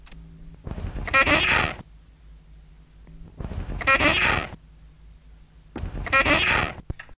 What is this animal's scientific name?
Buceros rhinoceros